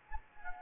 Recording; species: mosquito wingbeat signal from an infrared sensor; Anopheles gambiae